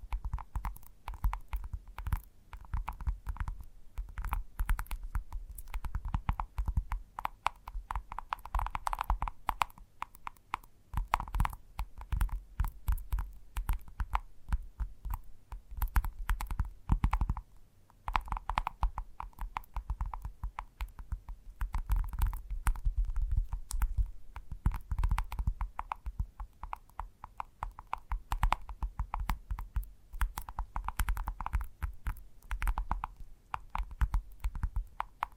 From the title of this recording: ASMR Gentle Tapping